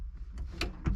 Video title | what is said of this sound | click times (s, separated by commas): Skid Steer Front Window Replacement | have to push on the left-hand side a little bit to get it to click into place | 0.6 s